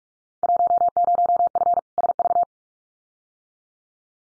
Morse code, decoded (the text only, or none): 10F SV